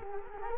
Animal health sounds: mosquito wingbeat signal from an infrared sensor; Culex quinquefasciatus

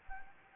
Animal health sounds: mosquito wingbeat signal from an infrared sensor; Anopheles gambiae

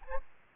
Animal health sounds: mosquito wingbeat signal from an infrared sensor; Aedes aegypti

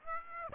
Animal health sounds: mosquito wingbeat signal from an infrared sensor; Aedes aegypti

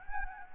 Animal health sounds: mosquito wingbeat signal from an infrared sensor; Anopheles arabiensis

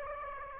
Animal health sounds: mosquito wingbeat signal from an infrared sensor; Aedes aegypti

